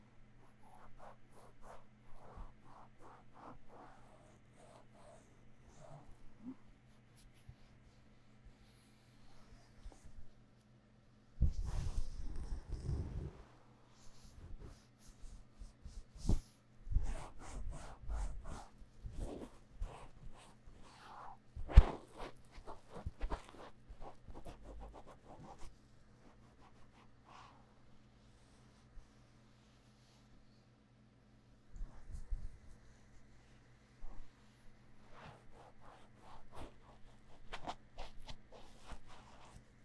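Sticky aloe gel ear massage: irregular squelchy, crackling bursts and rubbing, busiest from 11 to 27 seconds, over a steady low hum.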